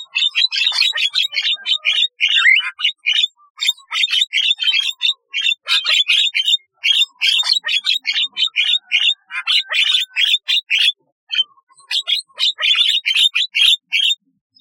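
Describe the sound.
Starling song: a dense, rapid run of chattering, scratchy notes and short whistles, nearly continuous with brief pauses, no other sounds.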